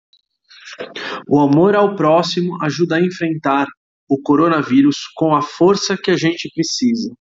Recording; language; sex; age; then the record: spoken sentence; Brazilian Portuguese; male; 40 to 49 years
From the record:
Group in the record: control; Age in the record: 44 years